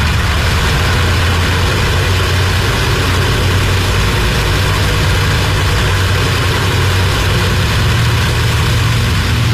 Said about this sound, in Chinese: 装上燃油和炸弹后，笨重的飞机从甲板上摇摇晃晃地起飞了。